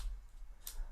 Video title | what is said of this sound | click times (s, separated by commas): General Q&A and Chat Q&A | Locks in place. | 0.7 s